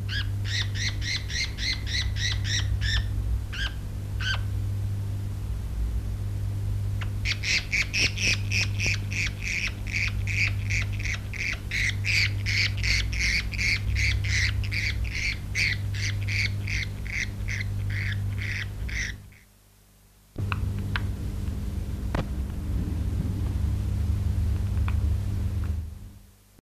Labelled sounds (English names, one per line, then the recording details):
Budgerigar call
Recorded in captivity
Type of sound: call
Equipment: Halbspur, 9,5 cm/s
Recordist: Lütgens, Hans
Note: Rufe Wellensittich 4, zunächst in der Hand beim Krallenschneiden, dann leise im Dunkeln bei Berührung im Käfig